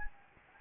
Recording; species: mosquito wingbeat signal from an infrared sensor; Anopheles gambiae